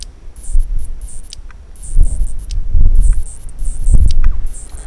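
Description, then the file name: Oncotympana pallidiventris producing repeated shrill buzzing pulses in quick succession, interspersed with clicks, while low rumbling thumps rise and fall underneath. Recorded in the Philippines. "Oncotympana pallidiventris"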